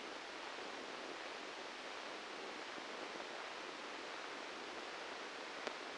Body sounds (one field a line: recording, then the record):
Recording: brain microelectrode recording played as sound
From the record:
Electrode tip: inside the subthalamic nucleus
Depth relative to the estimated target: 1 mm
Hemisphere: left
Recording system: NeuroSet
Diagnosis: Parkinson's disease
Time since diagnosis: 13 years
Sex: male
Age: 63 years